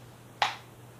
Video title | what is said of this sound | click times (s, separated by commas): Battlbox Mission 22 Review | you know what good test is with this it's got a good solid click to it you just take it you yeah | 0.4 s